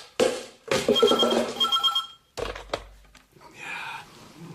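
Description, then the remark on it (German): A telephone bell rings in two loud, shrill bursts with a bright metallic tone, followed by a clunk and a softer rustling sound. No one speaks. “Das Telefon klingelte immer noch.”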